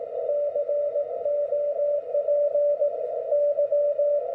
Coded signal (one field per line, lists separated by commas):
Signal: Morse code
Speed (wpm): 18 wpm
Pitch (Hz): 580 Hz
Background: none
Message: COPY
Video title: What does a CW QSO look like?